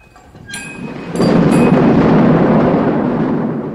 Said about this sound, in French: Les éclairs, pluie, là, voyez